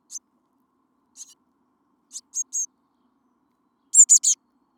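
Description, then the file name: Eurasian blue tit calls, high and thin, spaced notes building to a louder rapid triplet near the end. "Cyanistes caeruleus"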